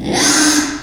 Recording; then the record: squeal of a Yucatan mini pig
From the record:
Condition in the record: after surgery on the right vocal fold (resection and tissue-engineered implant); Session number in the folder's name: 3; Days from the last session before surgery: 33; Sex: male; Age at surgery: 12 weeks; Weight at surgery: 13 kg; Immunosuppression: cyclosporine, prednisolone